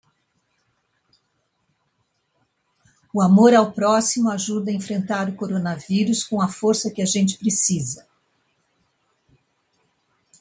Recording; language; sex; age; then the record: spoken sentence; Brazilian Portuguese; female; 60 to 69 years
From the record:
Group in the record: control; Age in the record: 65 years